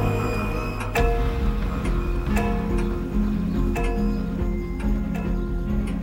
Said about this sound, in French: Le soir même, à la Grugne, dans la maison de la famille Lavaronnière, la grande horloge du salon sonne les coups de 21h.